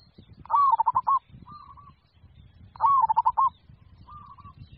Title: Suara Burung Perkutut